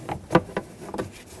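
A plastic glove box door on a 2012–2017 Toyota Camry is handled as its end hooks are fitted into the dashboard after the cabin air filter cover has been clicked in. A few short knocks and taps of plastic are heard near 0.1, 0.4, 0.6 and 1.0 seconds. Nothing has latched or clicked into place yet.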